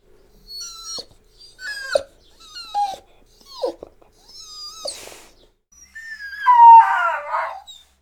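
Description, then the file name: Small dog whining, a series of short high descending whimpers about once a second, ending in a longer wavering cry. "Small Dog Crying"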